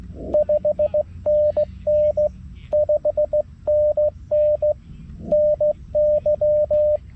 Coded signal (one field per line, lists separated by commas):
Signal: Morse code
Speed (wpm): 18 wpm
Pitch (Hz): 590 Hz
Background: radio noise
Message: 5NN 5NN NY